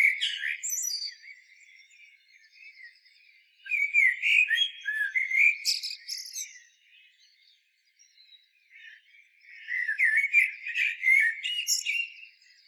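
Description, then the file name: Common blackbird song: three mellow, fluty phrases, each embellished with high, scratchy twitters. "Turdus merula"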